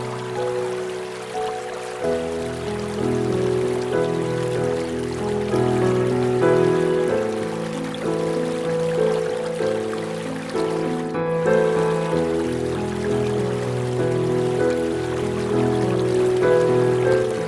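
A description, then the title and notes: Gentle piano music plays over a steady wash of flowing river water. Sustained chords shift slowly, with low bass notes entering after about two seconds, while the soft rushing water stays constant underneath at an even, moderate level throughout. Piano music with river sounds.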